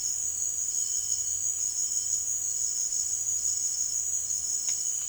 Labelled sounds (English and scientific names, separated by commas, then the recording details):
none
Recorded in dense forest near Puerto Asís, Putumayo, Colombia, on 13 March 2025 at 17:30
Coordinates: 0.481, -76.323
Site G088